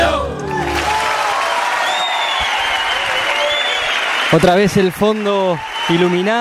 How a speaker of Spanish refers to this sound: Ovación. Se ven sus siluetas, el público que se pone de pie. Acaba de terminar el …, se baja el telón, la gente aplaude a rabiar. Un Teatro Solís repleto, como decíamos anteriormente.